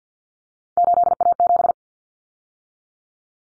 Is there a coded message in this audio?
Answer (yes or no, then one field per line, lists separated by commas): yes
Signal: Morse code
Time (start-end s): 0.8-1.7 s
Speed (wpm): 50 wpm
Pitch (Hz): 700 Hz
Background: none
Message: 8A7